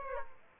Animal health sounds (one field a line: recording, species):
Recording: mosquito wingbeat signal from an infrared sensor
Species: Aedes aegypti